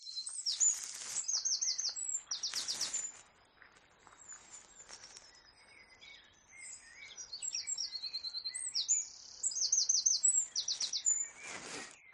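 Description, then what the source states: Eurasian wren singing quick bursts of very high notes and rattling trills, repeating in phrases, mixed with other birdsong and faint outdoor noise. Male singing in a bush or hedgerow near Hanwell Meadows at dawn; rapid-fire series of notes ending with a trill that distinguishes the wren; tiny bird said to throw its voice.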